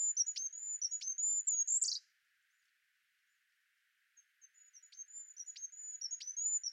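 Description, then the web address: Bird song: two bursts of high, wiry notes punctuated by sharp downward slurs, the first ending in a brief rasp, separated by two seconds of quiet. "Ptichki"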